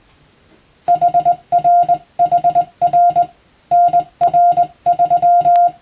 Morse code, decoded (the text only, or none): HRHR NR3